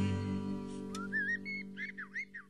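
Common blackbird song: a short series of fluted, whistled phrases, rising and falling, over a steady low hum.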